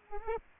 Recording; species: mosquito wingbeat signal from an infrared sensor; Aedes aegypti